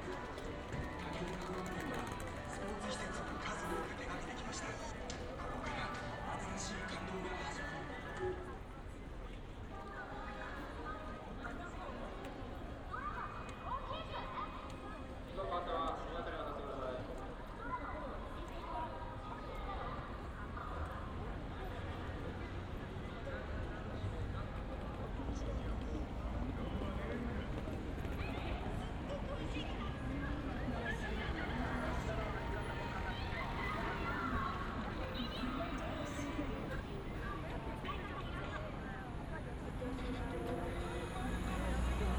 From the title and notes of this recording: 3D AUDIO Walking in Shibuya 渋谷 Tokyo, Japan.